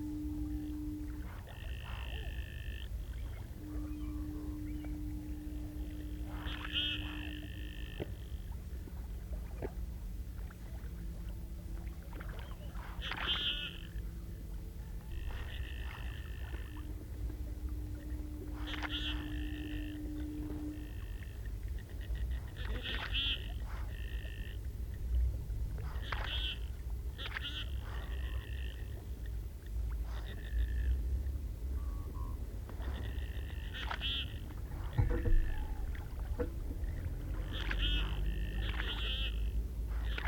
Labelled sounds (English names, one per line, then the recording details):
Common Goldeneye call
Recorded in the wild
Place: Ralswieker Forst, Insel Rügen, Mecklenburg-Vorpommern, DE
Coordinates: 54.48, 13.48
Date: 1969-04-06
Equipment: Nagra III BH, Sennheiser MD 21, parabola
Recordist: Schubert, Michael